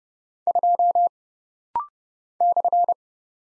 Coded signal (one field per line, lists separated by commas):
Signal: Morse code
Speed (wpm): 30 wpm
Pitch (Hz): 700 Hz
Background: none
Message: 2 /